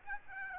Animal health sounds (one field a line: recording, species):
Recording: mosquito wingbeat signal from an infrared sensor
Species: Aedes aegypti